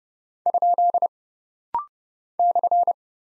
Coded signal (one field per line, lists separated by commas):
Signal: Morse code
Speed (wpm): 30 wpm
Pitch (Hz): 700 Hz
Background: none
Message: ? /